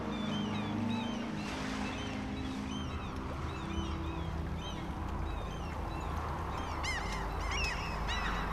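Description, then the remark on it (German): Seabirds call again and again in overlapping high cries and honks, thickening toward the end, above a steady low rumble of sea and engine, on the open sea among icebergs and drifting ice floes after a submarine has surfaced. No one speaks. “Wie viele Fische, wie viele Vögel in der Luft.”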